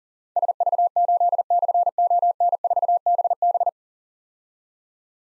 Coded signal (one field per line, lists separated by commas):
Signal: Morse code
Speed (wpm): 42 wpm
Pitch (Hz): 700 Hz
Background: none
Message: SV8/ON4BB